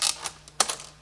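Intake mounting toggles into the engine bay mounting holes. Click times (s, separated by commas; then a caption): 0.6 s. The toggles of a RocEuro 3.0T intake with a V2 shield are dropped through a cutout into the engine bay mounting holes and pressed home. After a few lighter mechanical clicks, one sharp, loud click at 0.6 s marks the toggles snapping into place, seated.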